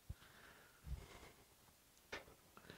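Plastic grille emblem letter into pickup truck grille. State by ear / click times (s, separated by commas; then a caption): not seated / none. A plastic emblem letter piece is handled against an aftermarket Raptor-style pickup grille for a 2018-2020 Ford F-150, a grille whose letters fasten with four screws. Soft thumps, rustles and brief plastic taps come and go over quiet room noise, with small ticks near the end. Nothing has seated or clicked into place yet.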